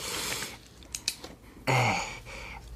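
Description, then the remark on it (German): Scratchy, papery rustling and a few sharp little clicks as a pen scribbles and taps on a slip of paper, followed by a louder burst of shuffling before it fades. “Gib mir mal Zettel und Stift.”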